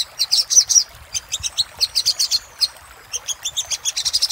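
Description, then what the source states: Little spiderhunter singing high, piercing chip notes in quick bursts broken by short pauses. Master recording used for training cage birds.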